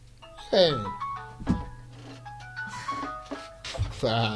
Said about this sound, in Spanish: Ella además había apagado el teléfono. Porque ¿quién me va a llamar? Yo no sé la interferencia. Y tocó la alarma.